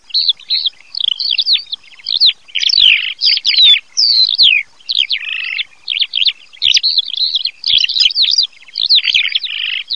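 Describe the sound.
Eurasian skylark singing a continuous, fast, varied warble of high chirps, trills and buzzy notes, delivered in rapid phrases with short gaps throughout.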